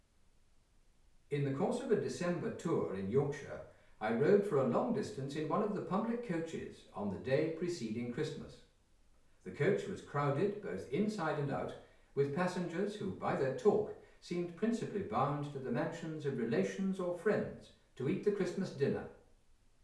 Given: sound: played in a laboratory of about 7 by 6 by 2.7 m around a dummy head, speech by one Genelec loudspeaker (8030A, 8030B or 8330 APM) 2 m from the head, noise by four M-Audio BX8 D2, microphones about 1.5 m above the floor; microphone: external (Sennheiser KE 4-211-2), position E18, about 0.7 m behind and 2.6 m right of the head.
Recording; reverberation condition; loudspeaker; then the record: male speech in English; medium; 90 degrees to the left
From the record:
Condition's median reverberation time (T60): about 510 ms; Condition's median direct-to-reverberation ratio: about -0.5 dB